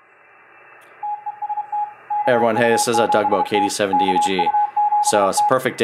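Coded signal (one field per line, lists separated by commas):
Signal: Morse code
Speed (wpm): 31 wpm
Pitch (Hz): 840 Hz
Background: speech, radio noise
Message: TEST KU7T KU7T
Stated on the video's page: Older radio's CW audio run through the 4 State QRP Group Hi-Per-Mite 200 Hz filter to cut static and adjacent-station interference on weak signals.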